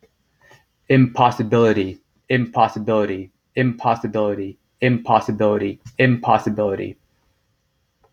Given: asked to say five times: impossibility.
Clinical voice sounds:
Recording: repeated word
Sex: male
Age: 30 to 39 years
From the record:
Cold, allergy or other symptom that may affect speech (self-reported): no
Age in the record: 36 years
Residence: United States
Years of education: 14

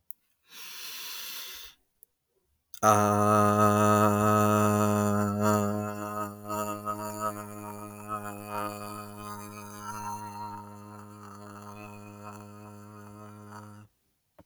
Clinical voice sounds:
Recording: vowel held as long as possible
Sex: male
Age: 20 to 29 years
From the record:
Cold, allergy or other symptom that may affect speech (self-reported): no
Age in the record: 29 years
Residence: New York, United States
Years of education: 16

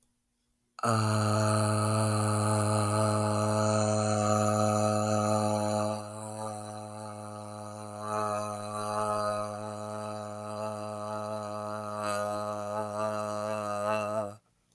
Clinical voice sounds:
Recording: vowel held as long as possible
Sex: male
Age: 30 to 39 years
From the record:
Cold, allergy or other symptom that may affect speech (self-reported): no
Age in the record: 32 years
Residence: Tennessee, United States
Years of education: 14

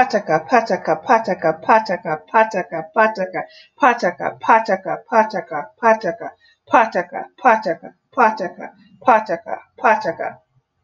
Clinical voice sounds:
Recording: repeated syllables /pa ta ka/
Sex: female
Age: 30 to 39 years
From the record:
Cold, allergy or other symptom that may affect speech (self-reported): no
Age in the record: 34 years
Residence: Pennsylvania, United States

